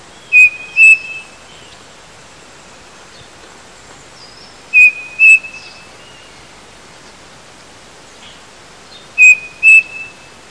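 Bird calling in pairs of clear, loud whistled notes, each pair repeated roughly every four and a half seconds, with soft hissing background noise.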